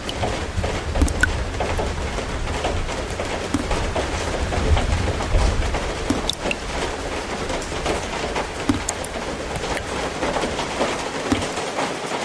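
Water from a roof leak drips into a dish, with frequent bright ticks over steady rain-like hiss and a low rumble throughout.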